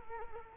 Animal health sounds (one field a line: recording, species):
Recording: mosquito wingbeat signal from an infrared sensor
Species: Culex quinquefasciatus